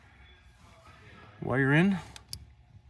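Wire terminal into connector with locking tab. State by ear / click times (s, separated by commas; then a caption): seated / 2.3 s. While fitting a factory heated steering wheel to a 2022 Ford, a wire terminal is pushed into a connector with its red locking tab popped up. Someone talks briefly, then a short, sharp click at 2.3 s marks the terminal seating in the connector.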